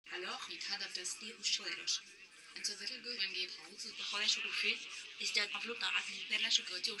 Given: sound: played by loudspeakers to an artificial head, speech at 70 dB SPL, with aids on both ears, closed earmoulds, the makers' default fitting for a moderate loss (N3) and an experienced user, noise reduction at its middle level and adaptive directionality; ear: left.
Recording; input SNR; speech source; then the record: speech test signal (ISTS) in cocktail-party noise; +9 dB; on the right (90 degrees)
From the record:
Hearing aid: class 2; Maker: H